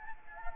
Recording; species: mosquito wingbeat signal from an infrared sensor; Anopheles gambiae